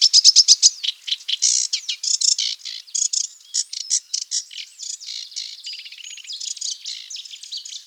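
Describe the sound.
Sedge warbler song: a fast, varied run of harsh chattering notes, dry rattles and sweet trills, opening with a quick repeated series and continuing unbroken.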